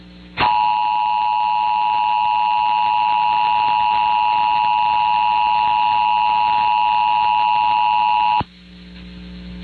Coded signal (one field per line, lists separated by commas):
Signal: Emergency Alert System (SAME) tones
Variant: 853 and 960 Hz attention tone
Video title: FIXED LEVELS (At last...) EAS 318 - Georgia CAE on WAKL-FM